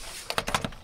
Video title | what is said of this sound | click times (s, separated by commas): 2021 Wonder Rear Lounge | Look at that, see that? Locks in place. | 0.4 s, 0.6 s